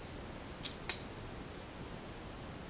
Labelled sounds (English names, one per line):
none